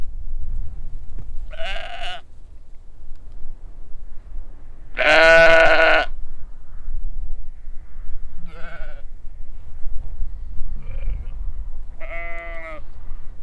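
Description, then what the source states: Sheep bleating, several wavering baas of varying loudness spread throughout, with low wind rumble beneath. Large flock on a windy hill at a sheep pasture in Hupperdange, baaing at a stranger on the road.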